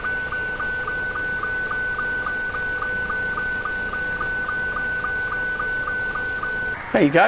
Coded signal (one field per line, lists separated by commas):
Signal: SSTV (slow-scan television)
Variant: Scottie 2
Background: speech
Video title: SSTV and an interactive video.